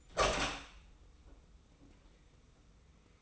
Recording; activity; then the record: daily activity, microphone in the room; open door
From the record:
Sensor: 1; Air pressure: 990.5 hPa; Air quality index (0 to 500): 158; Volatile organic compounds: 1000 ppm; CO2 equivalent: 5740 ppm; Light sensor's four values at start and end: 33/74/32/34 and 32/73/32/34